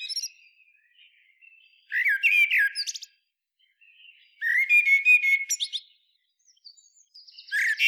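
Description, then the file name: Eurasian blackbird song: fluted warbling phrases, each ending in a squeaky high twitter, delivered in bursts a few seconds apart with quiet pauses. "Turdus merula"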